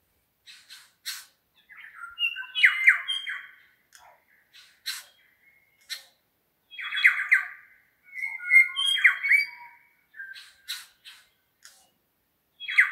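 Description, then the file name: New Zealand bellbird song: clear ringing notes and slurred whistles delivered in uneven phrases, interspersed with sharp ticking clicks throughout. More than one bird singing in the Craigieburn Range, New Zealand. "New Zealand Bellbirds (Anthornis melanura) singing in Craigieburn Range"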